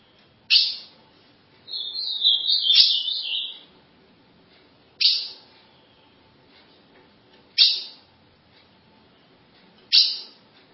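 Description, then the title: Ultramarine grosbeak song: one warbled, whistled phrase of about two seconds, wavering up and down, among sharp loud clicks repeated every few seconds. "Azulao"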